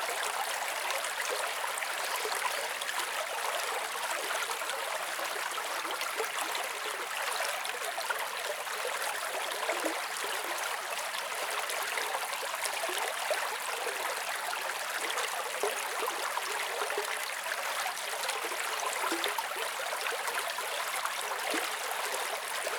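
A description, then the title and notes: A babbling spring runs steadily, its water splashing and trickling in a dense, even rush. The sound is bright, full of fine crackling detail with little low rumble, and it holds at the same level throughout without pauses or distinct events. Babbling Crystal Springs.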